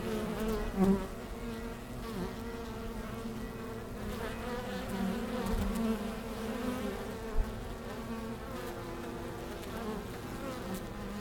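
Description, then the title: Many honey bees droning continuously, a low layered hum with occasional louder passes and a couple of short knocks. Honey bees returning to the hive boxes at the beginning of October after the sun has left them, many with white backs from Himalayan balsam flowers; Langel, Cologne, Germany; village church bells in background. "Langel, Köln, Deutschland - Bienen Anfang Oktober"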